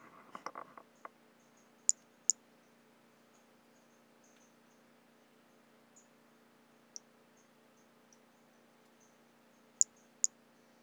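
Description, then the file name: White-lined pumpkin toadlet calls: very high, short chirped notes in pairs, one pair early and one near the end, after a brief low rustle at the start. Recorded in 2017. "Brachycephalus albolineatus LFR"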